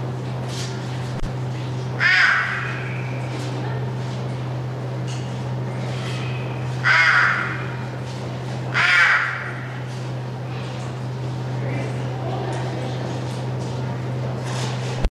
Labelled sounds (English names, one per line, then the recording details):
Clouded Leopard
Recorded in captivity
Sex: female
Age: adult
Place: Tierpark Berlin, Berlin, DE
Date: 1982-12-24 11:00
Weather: bedeckt, -2°C
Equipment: Nagra SN, Sennheiser MKH 416 T, Kopie Uher 4200
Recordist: Tembrock, Günter
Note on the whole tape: Weibchen: Maunzer. Abstand 3-4 m